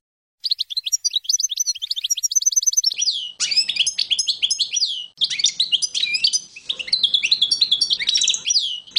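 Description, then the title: European goldfinch singing a rapid, jangling twitter of bright chirps, buzzy notes and trills, running almost continuously. "chardonneret"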